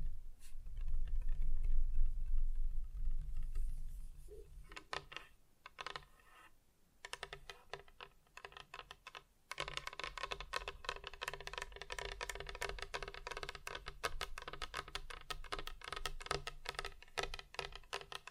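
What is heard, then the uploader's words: Tapping on different surfaces. For the first five seconds a low rumble dominates, with a few scattered taps. After that come quick, dense runs of bright clicking, much like typing, which turn steady and continuous from about nine seconds to the end. ASMR Just Tapping (Different Surfaces No Talking).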